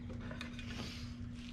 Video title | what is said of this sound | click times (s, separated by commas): Creating subwoofer mounting and trim rings with a press fit grill for a custom fiberglass enclosure! | lock take here a click | 0.4 s